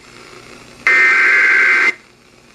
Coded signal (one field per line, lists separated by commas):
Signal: Emergency Alert System (SAME) tones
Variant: header bursts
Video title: JUST A LITTLE BIT OF STORMS... EAS Alerts from 6/9/18 (EAS #1,228 - 1,233)